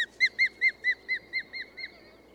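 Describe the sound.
Bird song: a regular series of quick arched whistles, gradually growing fainter toward the close.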